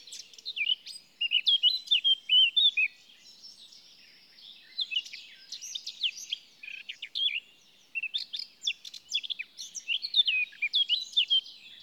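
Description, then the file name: Eurasian blackcap song in several separate bursts of quick, varied twittering notes, separated by short quieter pauses. "Sylvia atricapilla"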